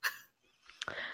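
A single sharp, loud, bark-like vocal burst lasting about a quarter second, followed by a pause and the start of another brief voiced sound. It is a simple vocal tic of barking from an adult with Tourette syndrome, a sudden involuntary noise; this person's vocal tics also include screaming and many animal noises.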